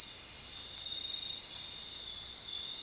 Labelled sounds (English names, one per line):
none